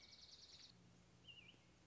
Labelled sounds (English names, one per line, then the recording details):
American Robin
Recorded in Sonoma County, California